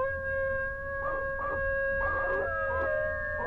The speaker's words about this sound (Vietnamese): Vừa đặt lưng nằm xuống, ông lại bất chợt rùng mình, bởi vì lại nghe tiếng chó tru lên.